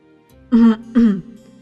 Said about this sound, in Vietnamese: Bạch Ngọc Đường cúi đầu ho một cái.